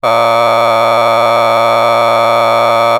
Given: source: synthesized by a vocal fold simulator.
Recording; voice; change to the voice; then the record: sustained vowel; male; a random mix of aspiration noise, stiffness perturbation and strain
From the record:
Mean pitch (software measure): 115 Hz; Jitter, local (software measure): 2.61%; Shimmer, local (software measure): 5.0%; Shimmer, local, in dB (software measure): 0.33 dB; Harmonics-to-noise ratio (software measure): 8.7 dB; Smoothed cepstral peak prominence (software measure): 16.0 dB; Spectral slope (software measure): -12.9 dB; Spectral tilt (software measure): -10.1 dB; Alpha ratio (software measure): -3.4 dB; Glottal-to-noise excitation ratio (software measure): 0.988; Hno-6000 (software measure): 1.9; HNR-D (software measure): 21.9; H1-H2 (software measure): 1.1 dB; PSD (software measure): 1.9e-04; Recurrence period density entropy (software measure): 0.126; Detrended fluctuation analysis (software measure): 0.0322